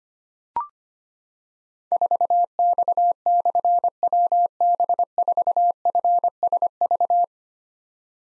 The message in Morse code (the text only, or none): 4X/WB4FSV